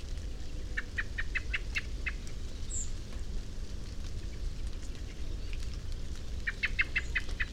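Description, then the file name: Common blackbird calls: a quick run of about eight hard clicking notes, quiet, then another fast burst. One brief high whistle in between, with low rumble throughout. "Turdus merula"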